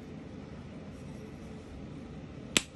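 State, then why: Seated. A metal part, possibly a bearing retainer or end piece, is pushed back into the housing of a sealed PSC furnace blower motor during lubrication and reassembly. Against a steady low background hiss, one sharp, loud click rings out at 2.6 seconds. The part seats in place.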